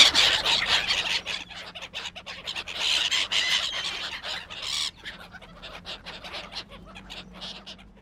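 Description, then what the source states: Gulls squabbling: harsh overlapping squawks and shrieks in bursts, loudest in the first five seconds, then thinner and quieter calling over a low hum. Seagulls squabbling.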